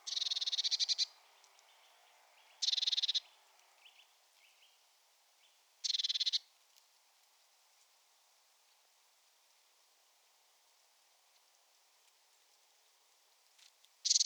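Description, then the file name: Eurasian blue tit churring in short, dry buzzy bursts, three a few seconds apart, then a long pause before a final burst. "Cyanistes caeruleus"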